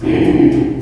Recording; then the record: squeal of a Yucatan mini pig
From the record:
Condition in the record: before surgery on the right vocal fold (resection and tissue-engineered implant); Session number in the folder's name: 2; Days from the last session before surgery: -15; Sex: female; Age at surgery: 19 weeks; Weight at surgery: 25 kg